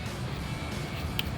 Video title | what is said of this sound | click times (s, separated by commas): 2010-2012 Mustang 2018 Style DRL Projector Headlights Review & Install | plug it into the OEM harness and then do the same with the other one. You'll hear a click. | 1.2 s